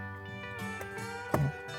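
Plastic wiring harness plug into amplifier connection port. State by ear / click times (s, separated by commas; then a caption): seated / 1.3 s. A white plastic wiring harness plug is pushed into the white connection port on an add-on amplifier, with music playing in the background. A sharp click sounds at 1.3 seconds as the plug seats fully, and the connection is confirmed as good.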